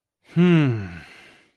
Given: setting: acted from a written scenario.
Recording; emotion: vocal sound without words; contentment